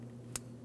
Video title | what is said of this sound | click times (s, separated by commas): How to Replace Oil Pressure Switch 2003-2008 Toyota Matrix 1.8L L4 | press it in, listen for an audible click, give it a tug to make sure it's secure. | 0.4 s